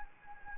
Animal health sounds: mosquito wingbeat signal from an infrared sensor; Anopheles gambiae

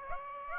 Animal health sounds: mosquito wingbeat signal from an infrared sensor; Aedes aegypti

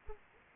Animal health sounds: mosquito wingbeat signal from an infrared sensor; Aedes aegypti

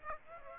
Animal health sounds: mosquito wingbeat signal from an infrared sensor; Aedes aegypti

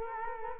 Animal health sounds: mosquito wingbeat signal from an infrared sensor; Culex quinquefasciatus

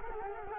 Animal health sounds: mosquito wingbeat signal from an infrared sensor; Culex quinquefasciatus

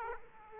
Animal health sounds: mosquito wingbeat signal from an infrared sensor; Aedes aegypti

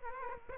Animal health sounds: mosquito wingbeat signal from an infrared sensor; Aedes aegypti

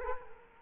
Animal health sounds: mosquito wingbeat signal from an infrared sensor; Culex quinquefasciatus

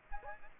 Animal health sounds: mosquito wingbeat signal from an infrared sensor; Aedes aegypti

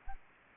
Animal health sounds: mosquito wingbeat signal from an infrared sensor; Aedes aegypti

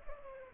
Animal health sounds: mosquito wingbeat signal from an infrared sensor; Culex pipiens

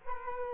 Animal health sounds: mosquito wingbeat signal from an infrared sensor; Culex quinquefasciatus

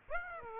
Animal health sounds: mosquito wingbeat signal from an infrared sensor; Aedes aegypti

